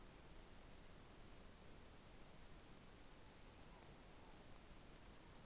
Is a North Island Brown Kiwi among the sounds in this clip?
no